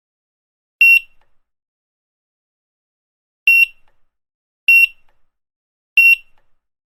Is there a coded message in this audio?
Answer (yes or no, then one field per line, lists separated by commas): no